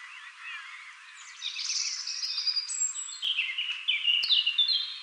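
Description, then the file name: European robin song: a soft twittering start, then a louder run of high, varied whistled phrases. "Erithacus rubecula"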